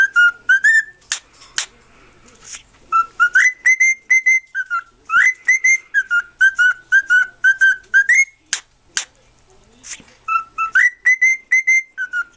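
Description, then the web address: Cockatiel song of quick repeated whistled notes that jump up and down between two pitches, broken by sharp clicks and short pauses. "birds cockatiel Cockatiel. sings"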